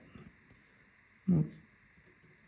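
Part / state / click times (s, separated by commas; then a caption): earpiece/front sensor bracket into phone display assembly / not seated / none. The earpiece and front sensor bracket, carrying the proximity sensor, FaceTime camera and light sensor, is lined up on the replacement display of an iPhone SE (2016) during a screen swap costing under 10 euros. Faint handling rustles at first are followed by one dull, low thump near 1.3 s that fades over the next few tenths of a second, over a steady background hiss. Nothing has clipped in yet.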